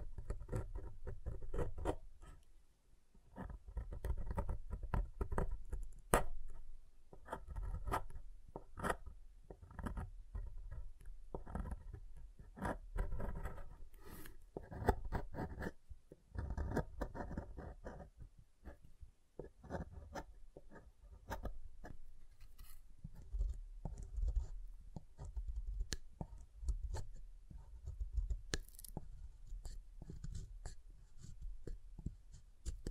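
Soap is tapped and carved in a run of short, dry scrapes and clicks that come every second or so, sometimes in quick clusters. The sounds sit mostly low with a crisp, scratchy edge, stay fairly even in loudness, and thin out somewhat after about twenty seconds.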